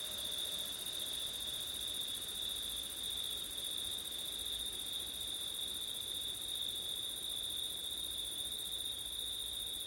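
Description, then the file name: Continuous high-pitched cricket trilling that blends into one even drone with no pauses. Night recording in September with wind. "crickets wind september night ortif"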